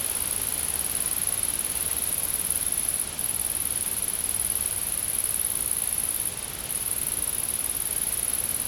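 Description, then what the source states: Insects trilling in a dense, high-pitched continuous buzz, interrupted by two brief dips, over steady hiss. Insects recorded in a field.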